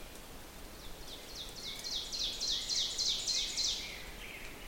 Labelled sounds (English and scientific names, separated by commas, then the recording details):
Ovenbird (Seiurus aurocapilla) song
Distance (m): 45 m
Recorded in boreal forest in Alberta, Canada, on 6 June 2016 at 08:52
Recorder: SongMeter 3, array SBT-3-51
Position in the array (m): 242 m, 149 m
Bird 28